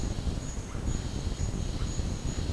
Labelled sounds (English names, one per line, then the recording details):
none
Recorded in pastures near Puerto Asís, Putumayo, Colombia, on 22 June 2025 at 11:00
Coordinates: 0.496, -76.326
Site GP01